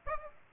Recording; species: mosquito wingbeat signal from an infrared sensor; Aedes aegypti